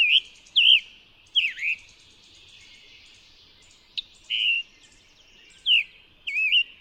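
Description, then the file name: Scarlet tanager giving raspy, burry song phrases in short bursts separated by a long pause. Recorded in New York. "scarlet tanager NY"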